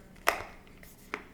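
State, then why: Seated. A plastic piece of a Momcozy M9 Mobile Flow wearable breast pump is worked in its fitting in the pump assembly. A loud, sharp click rings out at 0.3 s and fades, followed by faint soft sounds. The piece is pressed back in and snaps into place with a crisp click at 1.1 s, fully seated.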